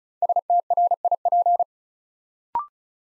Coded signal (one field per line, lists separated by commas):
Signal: Morse code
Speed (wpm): 36 wpm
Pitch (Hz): 700 Hz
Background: none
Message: STRIP